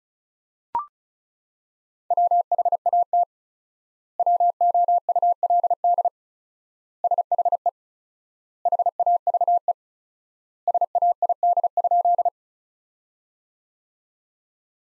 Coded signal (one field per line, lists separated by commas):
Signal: Morse code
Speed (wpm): 36 wpm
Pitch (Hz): 700 Hz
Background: none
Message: WHAT WOULD SHE HAVE SAID?